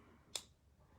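A small plastic wax guard changing tool's empty slot is pushed onto the tip of a hearing aid receiver (speaker) held in the fingers, to grab the old wax guard before the tool is pulled out. A single sharp, bright click sounds at 0.4 s against a quiet background, and the tool is seated on the tip.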